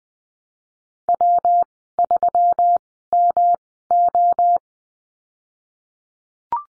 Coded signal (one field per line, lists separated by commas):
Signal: Morse code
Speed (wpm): 20 wpm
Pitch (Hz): 700 Hz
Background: none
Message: W 3 M O